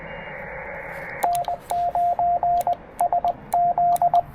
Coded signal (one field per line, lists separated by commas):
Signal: Morse code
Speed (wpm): 20 wpm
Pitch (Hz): 690 Hz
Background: radio noise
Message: N9SZ